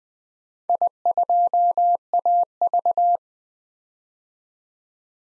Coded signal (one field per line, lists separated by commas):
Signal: Morse code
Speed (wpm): 21 wpm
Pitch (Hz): 700 Hz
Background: none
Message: I2AV